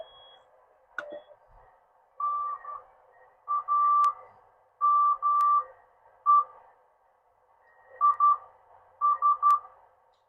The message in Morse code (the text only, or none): T AME IS